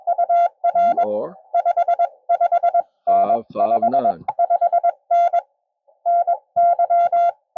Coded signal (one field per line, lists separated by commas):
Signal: Morse code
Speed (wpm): 20 wpm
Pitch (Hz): 690 Hz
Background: none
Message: UR 55N 55N NY